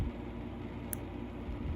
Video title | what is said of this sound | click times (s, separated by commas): Handmade Vs. Casted Box Locks | crazy job on this thing it is looking awesome so you can hear the click | 0.9 s